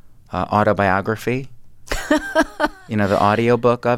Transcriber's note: laughter